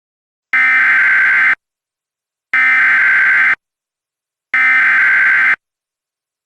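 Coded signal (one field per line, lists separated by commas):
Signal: Emergency Alert System (SAME) tones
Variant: header bursts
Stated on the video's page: Reenactment mock of a severe thunderstorm warning using valid EAS tones.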